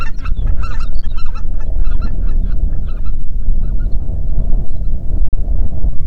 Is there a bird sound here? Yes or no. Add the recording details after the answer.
yes. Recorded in the Prudhoe Bay oil fields, Alaska, on 8 June 2019 at 05:02. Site 30